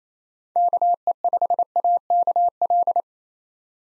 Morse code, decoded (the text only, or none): KE5AKL